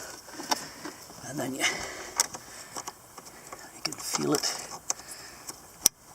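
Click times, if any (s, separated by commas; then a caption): 5.9 s. A door wiring harness connector is routed through an opening and pushed back into its mating plug while someone talks. Small handling clicks and rustles lead to a sharp click at 5.9 s as the connector seats.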